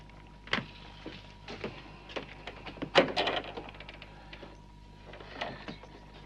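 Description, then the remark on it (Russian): A girl opens a door with a series of mechanical clicks and rattles, a sharper clack of the latch near the middle, then a few softer knocks and creaks as it settles. “Слышит стук в окно и открывает дверь.”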